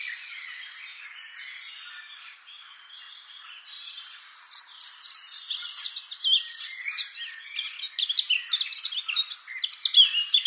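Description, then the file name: Eurasian blackcap song: several seconds of quiet babbling followed by an energetic, louder run of fast whistled and warbled notes. "Sylvia atricapilla"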